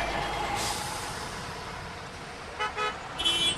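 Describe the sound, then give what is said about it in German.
Steady traffic rumble in a city centre in Afghanistan with a couple of short car horn toots near the end, bright tonal bursts rising over the constant road noise. No one speaks. “Immer neue Umgehungsstraßen werden gebaut, um den Verkehr im Zentrum vor dem Kollaps zu bewahren.”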